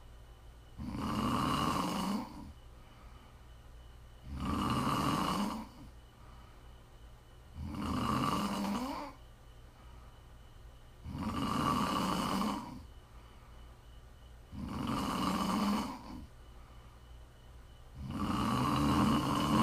Prime ASMR snoring.